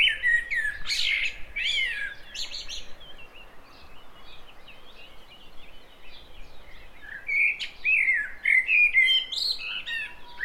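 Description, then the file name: Common blackbird with loud twittering, squeaky notes at the start, a quiet middle stretch, then fluty warbled phrases returning in the last few seconds. "Turdus merula"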